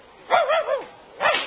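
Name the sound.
dog barking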